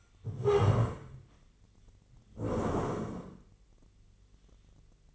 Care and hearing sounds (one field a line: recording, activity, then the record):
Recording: daily activity, microphone in the room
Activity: stand up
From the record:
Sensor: 4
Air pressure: 1013.1 hPa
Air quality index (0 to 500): 174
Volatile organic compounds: 2 ppm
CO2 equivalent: 1101 ppm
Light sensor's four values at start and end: 50/123/52/56 and 50/122/52/55